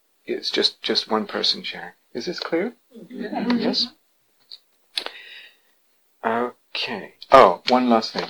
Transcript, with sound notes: It's just one person sharing. Is this clear? [affirmative noises from yogis] Yes? Okay. Oh, one last thing: